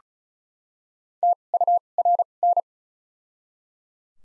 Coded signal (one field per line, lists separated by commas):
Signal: Morse code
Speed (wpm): 36 wpm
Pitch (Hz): 700 Hz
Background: none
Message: TURN